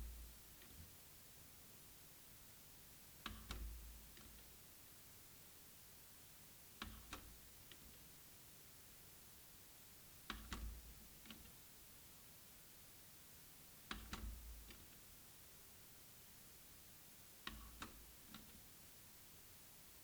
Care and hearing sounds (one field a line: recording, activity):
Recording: daily activity, guitar pickup as the sensor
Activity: manipulate door